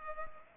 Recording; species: mosquito wingbeat signal from an infrared sensor; Culex pipiens